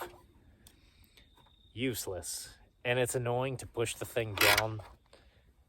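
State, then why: Seated. A small plastic storage tray in the center console of a W222 Mercedes S550 is pushed down until it latches. Small mechanical clicks and ticks are heard, then someone talks. A short click at 5.1 s marks the tray seating in place.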